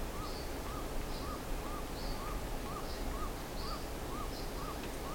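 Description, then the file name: Bird calls: short arched notes repeated about every half second, alternating with higher squeaky chirps, over constant hiss. "SABIOD 50 bird 2015"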